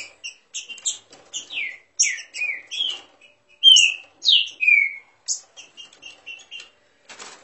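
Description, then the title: Green-winged saltator warming up with loose sequences of thin high chips broken by fuller downslurred whistles, the loudest phrases falling near the middle. Bird warming up its song. "Canto De Trinca Ferro. Trinca Ferro esquentando!"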